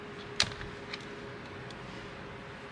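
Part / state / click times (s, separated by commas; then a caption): steering wheel wiring connector into its mating plug / seated / 0.4 s. Color-matched wiring connectors, pink to pink and purple to purple, are pushed together on the steering wheel harness while a carbon fiber steering wheel is installed on a Camaro ZL1. A sharp click at 0.4 s marks a connector seating in its mating plug, followed by fainter ticks near 0.6 s and 0.9 s over a steady low hum. The connector is seated.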